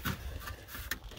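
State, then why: Not seated. An EVAP vent valve solenoid with its rubber seal is pushed into its mount on a 2010 HHR 2.2, producing low rubbing and pressing noises with a brief sharp tap near the end. The solenoid has not clicked into place yet.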